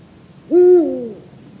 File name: Eurasian Eagle Owl Bubo bubo